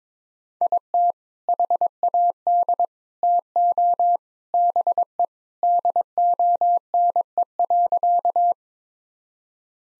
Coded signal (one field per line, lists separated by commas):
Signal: Morse code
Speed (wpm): 22 wpm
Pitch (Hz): 700 Hz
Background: none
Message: IT HAD TO BE DONE.